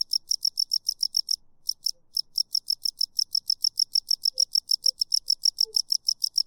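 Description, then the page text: Cricket giving quick high chirps, breaking off for a short pause early on, then carrying on at a steady pace. Single cricket or cicada playing away, stopping occasionally then continuing; swamp, marsh and woods setting. "Single Cricket Long: A single cricket, cicada, playing away. Stops occasionally, then continues. Swamp, Marsh & Woods"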